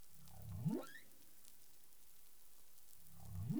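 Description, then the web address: Humpback whale call: two rising upsweeps from a low grunt, the first climbing to a thin high whistle, the second cut off, about three seconds apart with faint hiss between. Recorded in the Caribbean on 20 April 2021 at 03:44 UTC. "CARIMAM. humpback whale 20210420 034442 UTC"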